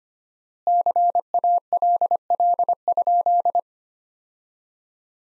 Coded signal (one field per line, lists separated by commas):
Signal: Morse code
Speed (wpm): 25 wpm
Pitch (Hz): 700 Hz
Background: none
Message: CALL?